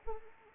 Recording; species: mosquito wingbeat signal from an infrared sensor; Anopheles arabiensis